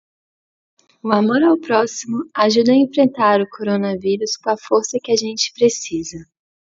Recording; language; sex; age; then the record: spoken sentence; Brazilian Portuguese; male; 40 to 49 years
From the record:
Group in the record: control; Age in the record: 42 years